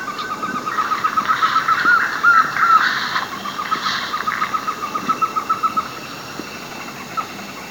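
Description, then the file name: Fire-footed rope squirrel call: a rapid run of short chattering notes at a fairly steady pitch for about five seconds, then fading into quiet background. Recorded at Atewa, Ghana. "Funisciurus pyrropus AL Daan Drukker Atewa Ghana"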